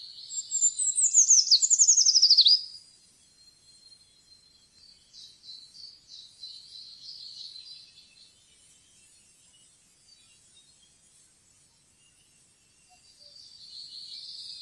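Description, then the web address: Eurasian treecreeper gives one high, delicate descending phrase of quick notes with a final flourish, followed by quiet high-pitched chirps and trills. "fuglelyder trekryper"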